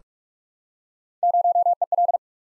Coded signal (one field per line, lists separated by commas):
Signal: Morse code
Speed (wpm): 44 wpm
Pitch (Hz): 700 Hz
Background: none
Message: 0EL